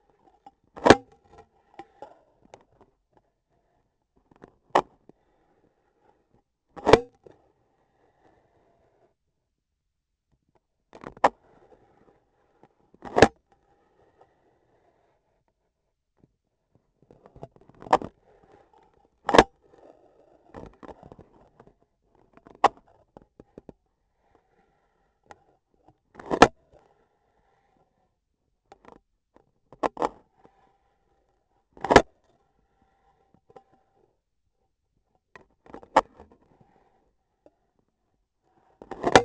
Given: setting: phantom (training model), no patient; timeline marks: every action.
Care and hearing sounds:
laparoscopic instrument, vibration sensor on the handle end; scissors
0.68-1.11 s: cutting foam
4.57-5.01 s: scissors opening
6.60-7.20 s: cutting foam
10.88-11.41 s: scissors opening
12.92-13.47 s: cutting foam
17.47-18.16 s: scissors opening
19.11-19.59 s: cutting foam
22.53-22.87 s: scissors opening
26.03-26.59 s: cutting foam
29.65-30.30 s: scissors opening
31.72-32.12 s: cutting foam
35.58-36.31 s: scissors opening
38.73-39.25 s: cutting foam
From the record:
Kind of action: gesture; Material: foam

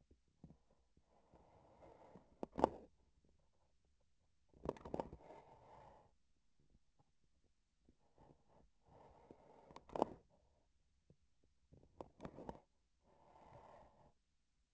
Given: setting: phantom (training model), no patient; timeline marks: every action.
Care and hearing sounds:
laparoscopic instrument, vibration sensor on the handle end; grasping forceps
2.33-2.94 s: grasping tissue
4.50-5.14 s: releasing tissue
9.80-10.31 s: grasping tissue
11.67-12.76 s: releasing tissue
From the record:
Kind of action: gesture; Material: synthetic tissue

